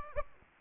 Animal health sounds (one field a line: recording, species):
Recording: mosquito wingbeat signal from an infrared sensor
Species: Aedes aegypti